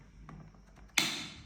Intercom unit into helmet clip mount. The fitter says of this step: और ये click sound के साथ में लॉक हो जाएगा।